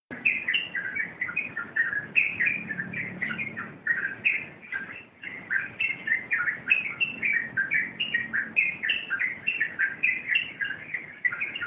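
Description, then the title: Yellow-vented bulbul chattering song: a dense, nearly continuous stream of bubbly chirps and short warbled notes, with only brief dips, busy throughout. Wild bird. "Master Burung Jos"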